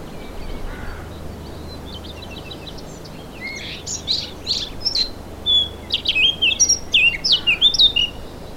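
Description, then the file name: Eurasian blackcap singing: faint, soft notes at first, then a louder phrase of rapid warbles and bright fluty whistles in the second half. "Sylvia atricapilla"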